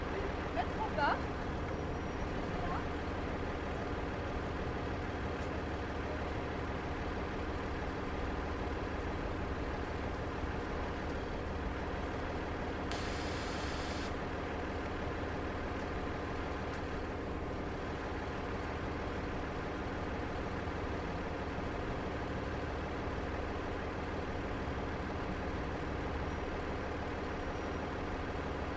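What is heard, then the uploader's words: A shuttle bus idles at a stop on a moderately busy street, its motor holding a steady, dense low rumble for the whole stretch. A brief bright hiss rises around the middle, and small scattered sounds drift over the constant engine drone. Intersection of Atwater and Rue Delisle. Listening To Motors And Autumn Shuffling At A Bus Stop. The motor idling on a moderately busy street belongs to an airport shuttle. It takes up the sonic space of the intersection, masking the heavy early-winter sounds of boots and jackets.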